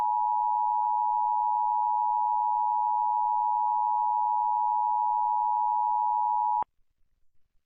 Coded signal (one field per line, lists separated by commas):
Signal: Emergency Alert System (SAME) tones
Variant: 853 and 960 Hz attention tone